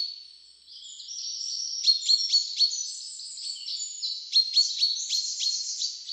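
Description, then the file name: Common chaffinch calls: a dense run of high, overlapping chirps and twittering notes with short sharp clicks clustered near two and four and a half seconds, and no other sounds. "Fringilla coelebs"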